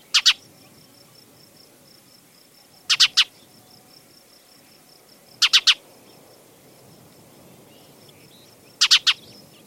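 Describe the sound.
Spanish sparrow calls: triple chirps, harsh and abrupt, repeated every few seconds against a faint hiss.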